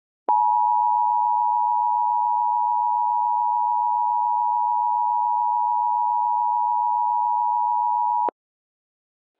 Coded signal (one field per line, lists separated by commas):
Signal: Emergency Alert System (SAME) tones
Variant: 853 and 960 Hz attention tone